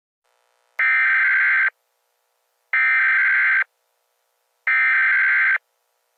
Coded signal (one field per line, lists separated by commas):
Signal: Emergency Alert System (SAME) tones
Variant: header bursts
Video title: [EAS]- Hawaiian Volcano Warning (Fake|Mock)